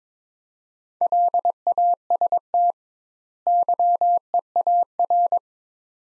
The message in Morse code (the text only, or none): LAST YEAR